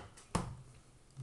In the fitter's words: Click the teeth in and the battery clicks right in.